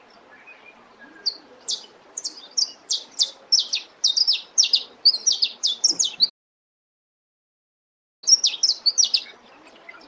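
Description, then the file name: Saffron finch song: a fast series of sharp, high chirping notes, broken by a silent gap of about two seconds before the chirps resume. "canario da terra"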